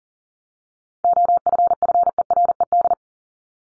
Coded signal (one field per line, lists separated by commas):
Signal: Morse code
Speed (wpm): 40 wpm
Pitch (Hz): 700 Hz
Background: none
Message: OFFERED